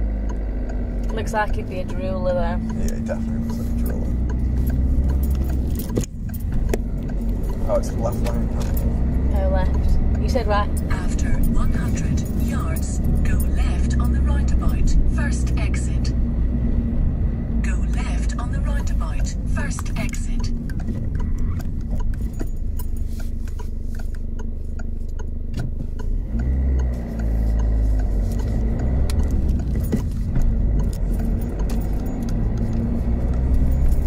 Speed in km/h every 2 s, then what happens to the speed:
16, 19, 24, 34, 37, 34, 32, 29, 24, 16, 3, 0, 5, 18, 23, 32, 40.
0-8 speeds up to 37. 8-21 slows to 0. 21-23 standing. 23-34 pulls away to 40.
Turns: 0-4, 23-30.